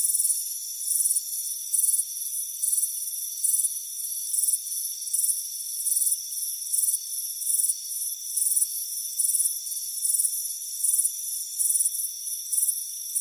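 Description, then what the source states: Crickets chirping in short high bursts over a steady high ringing drone, with no other sounds. Soothing chirping.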